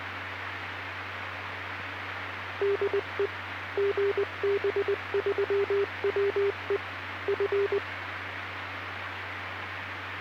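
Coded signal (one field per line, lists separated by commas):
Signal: Morse code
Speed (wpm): 20 wpm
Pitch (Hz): 400 Hz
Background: none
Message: DE GB3WE F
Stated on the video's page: Live scanner reception in South West UK on a Uniden Bearcat UBC355CLT scanner, VHF/UHF.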